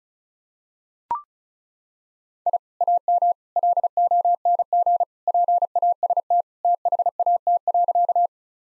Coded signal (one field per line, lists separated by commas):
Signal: Morse code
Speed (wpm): 34 wpm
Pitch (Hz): 700 Hz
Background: none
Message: I AM LONG PAST THAT.